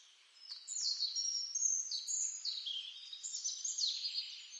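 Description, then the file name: European robin giving a steady stream of high, twittering whistles and short descending slurs, fairly soft against a light hiss. "Rudzik"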